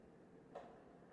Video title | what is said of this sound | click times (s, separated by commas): Baby Einstein Play Gym Assembly #babyeinstein | and it's going to snap into place like so. | 0.6 s